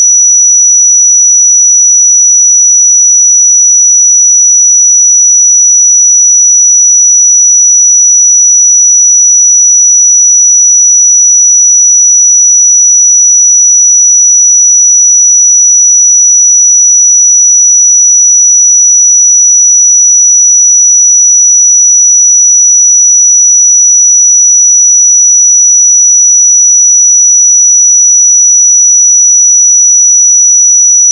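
A pure 5885 Hz sine tone holds perfectly steady and high-pitched for the full half minute, unchanging in loudness, with silence behind it.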